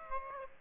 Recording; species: mosquito wingbeat signal from an infrared sensor; Aedes aegypti